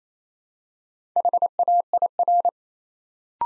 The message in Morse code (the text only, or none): HAIR